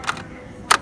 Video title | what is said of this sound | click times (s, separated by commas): Massage Chair Daily inspection procedure | make sure it clicks all the way in, that the bar is firmly in place on both sides. | 0.7 s